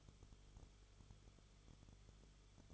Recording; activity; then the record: daily activity, microphone in the room; no activity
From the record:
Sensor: 4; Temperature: 22.9 degrees Celsius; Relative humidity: 34.5%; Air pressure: 1011.5 hPa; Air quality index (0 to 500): 193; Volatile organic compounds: 13 ppm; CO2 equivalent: 2386 ppm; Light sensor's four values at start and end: 2/3/1/1 and 2/3/1/1